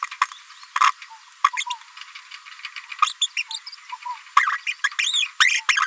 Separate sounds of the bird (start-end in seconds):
0.76-0.79, 1.57-1.64, 1.70-1.73, 2.65-2.66, 3.06-3.13, 3.21-3.27, 3.37-3.42, 3.51-3.59, 3.66-3.70, 4.37-4.52, 4.67-4.73, 4.84-4.88, 4.98-5.27, 5.40-5.61, 5.68-5.77